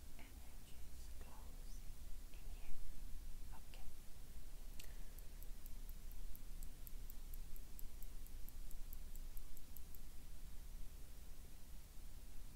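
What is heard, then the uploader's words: ASMR hand movements and mouth sounds over a steady low hiss and rumble. Soft clicks and rustles come in the first four seconds, then a sharp click near five seconds. A rapid, regular ticking follows and runs until about ten seconds. ASMR PLUCKING NEGATIVE ENERGY ASMR CLEANING ENERGY, ASMR HAND MOVEMENTS MOUTH SOUNDS.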